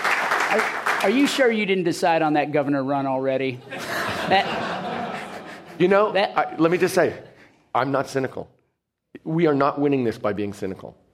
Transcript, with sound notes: Are you sure you didn't decide on that governor run already?
[Laughter]
You know, let me just say. I’m not cynical. We are not winning this by being cynical.